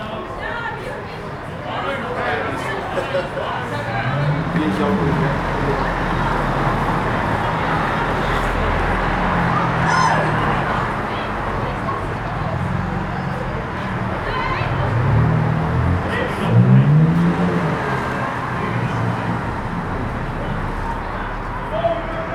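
Traffic passes on a street outside a small bar while people gather across the road, a steady murmur of many voices with louder talk rising around 5, 10 and 16–17 seconds. A low rumble runs underneath throughout, with no clear pauses.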